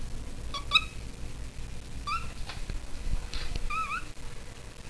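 Bird calling, a few short whistled notes that rise and bend, over a low rumbling background.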